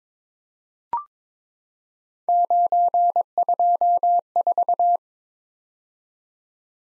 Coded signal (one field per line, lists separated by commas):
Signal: Morse code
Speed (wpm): 22 wpm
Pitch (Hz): 700 Hz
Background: none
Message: 924